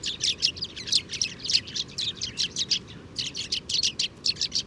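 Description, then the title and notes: Sudan golden sparrows giving rapid chirps, bright notes repeated several times a second in an almost rhythmic stream, with a brief pause about two-thirds of the way through. Passer luteus, Mauritania, Tagant, Oued Enoicre oasis, 7 March 2019, morning; family flocks that gather at an evening roost; very common in oases; Mixpre 3 recorder. "Moineau doré ou Moineau jaune - Mauritanie. 7 mars 2019-Oued Enoicre - Tagant - Mauritanie"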